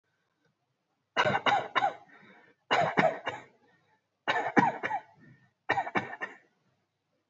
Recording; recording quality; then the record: shallow voluntary cough; excellent, no background noise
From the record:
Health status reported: healthy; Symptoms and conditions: none ticked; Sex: male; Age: 35 years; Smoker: not ticked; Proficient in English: yes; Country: India